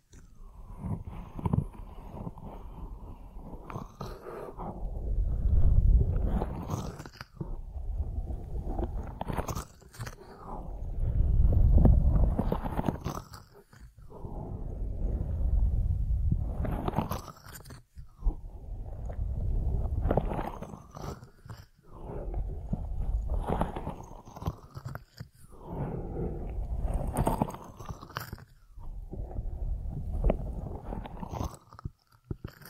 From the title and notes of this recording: ASMR 3D Ear Massage that Penetrates Your Brain (No Talking).